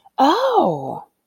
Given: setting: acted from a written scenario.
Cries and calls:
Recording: vocal sound without words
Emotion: interest

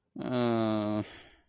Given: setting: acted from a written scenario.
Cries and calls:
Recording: vocal sound without words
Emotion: sadness

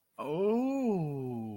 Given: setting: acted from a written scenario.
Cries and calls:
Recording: vocal sound without words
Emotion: romantic love

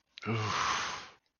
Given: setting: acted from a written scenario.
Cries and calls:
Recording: vocal sound without words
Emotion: relief

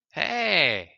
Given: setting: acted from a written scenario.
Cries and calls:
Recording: vocal sound without words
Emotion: positive surprise

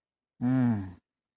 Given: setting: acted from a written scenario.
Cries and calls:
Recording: vocal sound without words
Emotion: desire

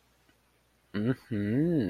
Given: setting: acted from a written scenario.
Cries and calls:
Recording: vocal sound without words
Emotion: contempt

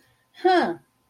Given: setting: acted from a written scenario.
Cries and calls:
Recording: vocal sound without words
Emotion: interest

